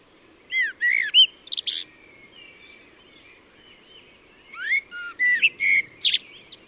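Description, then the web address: Bird singing two bursts of quick varied whistles, chirps and sliding notes, separated by a quiet pause of a few seconds. "Deverinetal. Bird Only"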